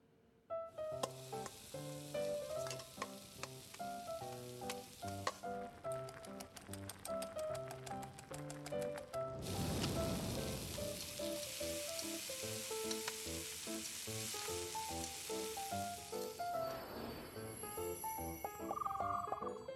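Steady hissing sizzle of food frying in a pan during a cooking scene in a Chinese audio drama runs throughout, layered under bright, tinkling background music, with a louder rush of crackling partway through.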